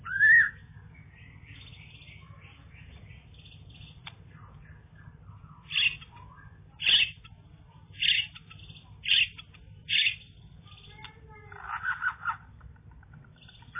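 Bird song given in several separate short bursts of chirps and whistles, with quiet gaps between.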